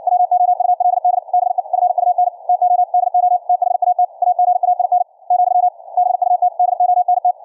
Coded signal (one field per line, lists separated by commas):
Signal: Morse code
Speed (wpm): 56 wpm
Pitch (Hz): 720 Hz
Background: none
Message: WOULD BE FUN TO DO THAT AGAIN , BUT DONT